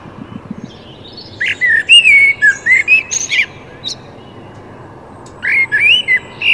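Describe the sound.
Common blackbird singing a mellow whistled phrase of several notes, a pause, then another short fluted phrase.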